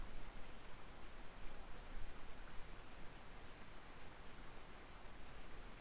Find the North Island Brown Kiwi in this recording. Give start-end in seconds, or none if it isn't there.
none